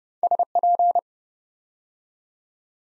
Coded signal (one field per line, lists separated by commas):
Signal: Morse code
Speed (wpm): 30 wpm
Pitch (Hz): 700 Hz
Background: none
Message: SP